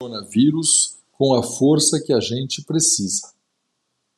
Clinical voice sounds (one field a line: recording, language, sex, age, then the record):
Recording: spoken sentence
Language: Brazilian Portuguese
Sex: male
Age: 50 to 59 years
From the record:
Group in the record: control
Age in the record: 54 years